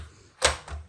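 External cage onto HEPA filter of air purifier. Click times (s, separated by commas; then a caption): 0.7 s. The external plastic cage of a Dyson Big + Quiet Formaldehyde air purifier is put back over the HEPA filter and lifted up until it clicks into place. A louder broadband knock comes at about 0.4 s, then the click at 0.7 s. The cage is seated and secure.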